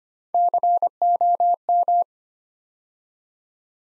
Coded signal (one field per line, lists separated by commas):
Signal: Morse code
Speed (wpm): 25 wpm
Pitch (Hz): 700 Hz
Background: none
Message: COM